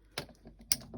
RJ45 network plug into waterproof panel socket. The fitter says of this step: вставляємо Мені здається воно защолкнулося